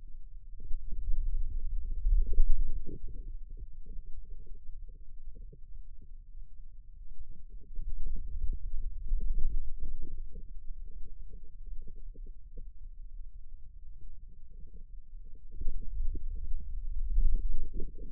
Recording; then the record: forearm muscle sounds (acoustic myography)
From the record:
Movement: wrist extension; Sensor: system 2, bracelet of six BSWA MPA416 microphones around the upper forearm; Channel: 6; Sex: male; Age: 22 years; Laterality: right